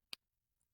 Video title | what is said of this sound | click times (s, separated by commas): Your Comments Made Me Buy This Fragrance at Marshall's | Cap clicks into place really nicely. | 0.1 s